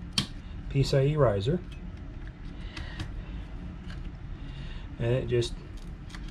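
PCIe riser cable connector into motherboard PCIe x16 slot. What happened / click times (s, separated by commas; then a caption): The connector is handled but not yet seated / none. A PCIe riser cable connector is handled near a motherboard's PCIe x16 slot while someone talks, with a sharp tap at 0.2 s and scattered small plastic ticks and handling noises throughout. The connector has not yet been pushed into the slot, so nothing has seated or clicked.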